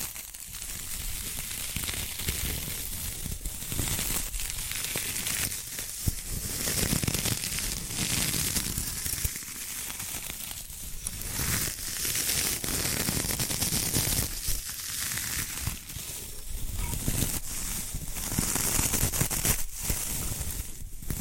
Bamboo Tapping, Scratching and Brushing Sounds